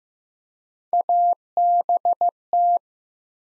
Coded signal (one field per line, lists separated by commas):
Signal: Morse code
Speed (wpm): 15 wpm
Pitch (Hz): 700 Hz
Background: none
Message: ABT